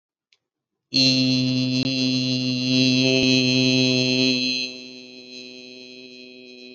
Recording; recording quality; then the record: sustained vowel as in beet; excellent, no background noise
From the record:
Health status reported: healthy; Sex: male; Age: 26 years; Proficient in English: yes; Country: India